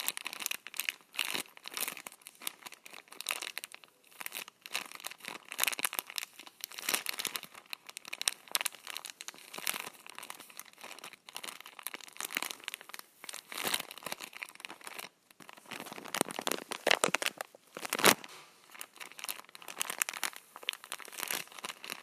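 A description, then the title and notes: Paper towels are squeezed and crumpled, a dense, continuous crinkling with brief louder crunches near seventeen and eighteen seconds. ASMR Squeezing Paper Towels.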